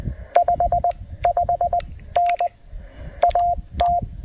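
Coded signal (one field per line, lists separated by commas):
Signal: Morse code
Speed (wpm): 22 wpm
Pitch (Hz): 700 Hz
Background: none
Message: 55N AT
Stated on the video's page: QRP Parks on the Air activation on 20 meters with a Penntek TR-45L, pocket paddle, and Packtenna Mini end-fed half-wave antenna.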